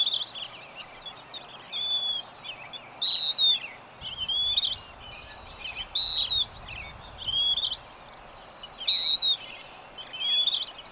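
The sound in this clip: Birdsong with bright whistled notes and twittering chirps, louder phrases arriving roughly every three seconds, over a steady background hiss.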